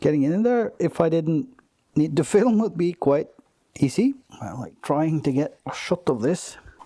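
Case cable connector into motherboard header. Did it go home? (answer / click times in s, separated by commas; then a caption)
no / none. A case cable connector is being handled and turned around to be pushed into its header on the motherboard inside a PC case while a man talks. Nothing has seated or clicked yet.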